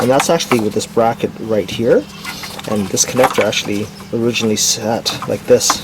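A plastic fan harness electrical connector on a Honda CR-V is handled and returned to its original position on the radiator retaining bracket, where it locks during a radiator replacement. Someone talks throughout over faint low background noise. The clip ends before the connector goes home, so nothing has seated or clicked yet.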